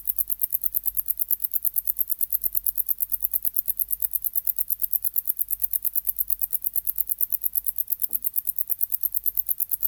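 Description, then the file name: Wart-biter song: a steady chain of bright, high clicks at a brisk even pace, with a low hum and one brief faint sound near the end. "Decticus verrucivorus"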